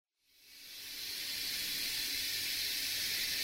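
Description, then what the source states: Rattlesnake rattling its tail, a steady dry hiss-like buzz that fades in and then holds constant throughout. Captive tail-shaking rattlesnake in a venom unit in Liverpool, UK.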